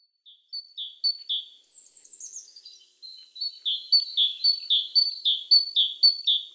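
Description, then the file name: Great tit song of repeated two-note phrases, with a thin, high descending trill partway through before steady, loud seesawing notes resume to the end. "Parus major"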